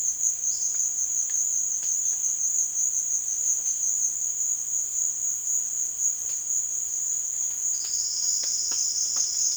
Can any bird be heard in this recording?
no